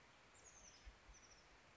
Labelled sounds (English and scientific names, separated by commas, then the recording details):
Oak Titmouse (Baeolophus inornatus)
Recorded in Sonoma County, California